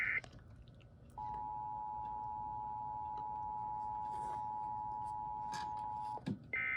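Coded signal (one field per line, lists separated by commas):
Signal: Emergency Alert System (SAME) tones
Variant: 853 and 960 Hz attention tone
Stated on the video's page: Random EAS test and relays from KDKA AM.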